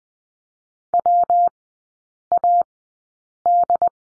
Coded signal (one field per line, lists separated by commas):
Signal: Morse code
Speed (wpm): 20 wpm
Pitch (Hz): 700 Hz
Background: none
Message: WAD